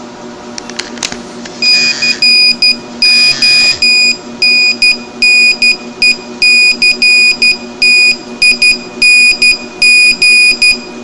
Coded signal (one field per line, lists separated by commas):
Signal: Morse code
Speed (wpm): 12 wpm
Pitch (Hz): 2450 Hz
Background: none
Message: CONNECTING